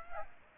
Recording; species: mosquito wingbeat signal from an infrared sensor; Aedes aegypti